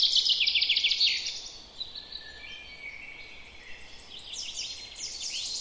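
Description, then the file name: Common chaffinch song: a fast, loud trilled phrase at the start, then quieter overlapping high trills and notes, with steady hissing noise throughout. "Fringilla coelebs"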